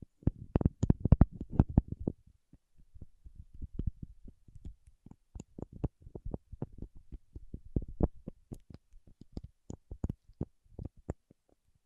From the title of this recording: Paraffin Wax Peeling, Tapping and Scratching